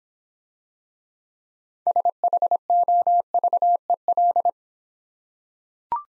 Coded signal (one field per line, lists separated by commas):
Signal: Morse code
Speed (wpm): 26 wpm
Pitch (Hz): 700 Hz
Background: none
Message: SHOVEL